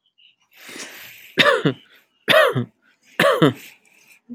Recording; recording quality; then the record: shallow voluntary cough; excellent, no background noise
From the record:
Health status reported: exposed to COVID-19, no respiratory illness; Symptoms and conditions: sore throat, muscle pain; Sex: male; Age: 35 years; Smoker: not ticked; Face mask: not worn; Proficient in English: yes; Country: United States